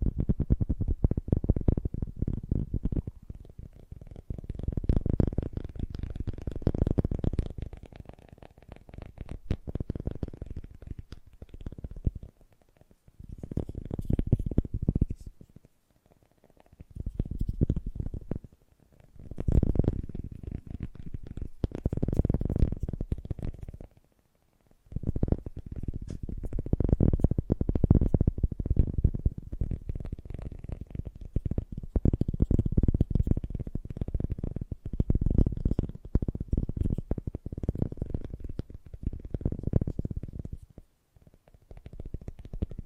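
Fast, gentle tapping runs in dense bursts, the quick soft strikes blurring into a low, muffled patter with little brightness. Short pauses break the rhythm around 13, 18 and 24 seconds before the tapping resumes, steady and continuous through the final stretch.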